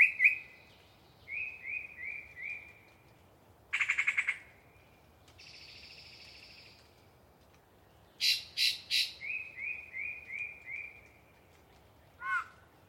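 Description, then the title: Yellow-breasted chat song: strings of repeated downslurred whistles, a harsh rattle, a soft buzzy note, three loud harsh notes and a short twisting call. Pre-dawn, a particularly chatty bird giving a long soliloquy from deciduous cover. "A Very Chatty Yellow-breasted Chat"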